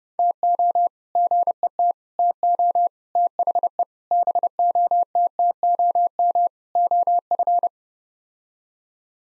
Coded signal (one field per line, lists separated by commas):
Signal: Morse code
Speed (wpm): 29 wpm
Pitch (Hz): 700 Hz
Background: none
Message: TO GET TO THE BOTTOM OF